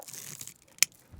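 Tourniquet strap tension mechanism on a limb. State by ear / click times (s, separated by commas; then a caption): torque reached / 0.8 s. A tourniquet strap, fed through its loop and pulled tight around a limb, rustles and ticks softly through its ratcheting tension mechanism. A single sharp, loud click sounds at 0.8 s as the preset tightness is reached, meaning the strap is tight enough and cannot go any tighter.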